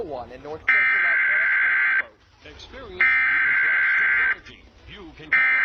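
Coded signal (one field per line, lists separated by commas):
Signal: Emergency Alert System (SAME) tones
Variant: header bursts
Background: speech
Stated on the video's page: Fictional analog horror emergency alert scenarios and a hacked television alert about zombies, not real warnings.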